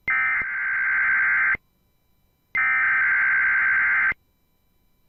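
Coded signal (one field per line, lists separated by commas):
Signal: Emergency Alert System (SAME) tones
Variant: end-of-message bursts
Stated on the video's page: NOAA Weather Radio weekly test SAME tones.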